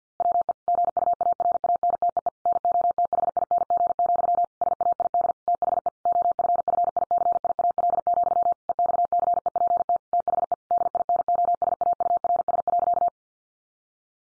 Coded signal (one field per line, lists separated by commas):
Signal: Morse code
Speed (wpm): 50 wpm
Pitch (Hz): 700 Hz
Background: none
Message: WE GUARANTEE NOTHING, SAID THE OFFICIAL, EXCEPT THE DINOSAURS.